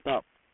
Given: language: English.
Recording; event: throat vibration sensor signal played as sound; speech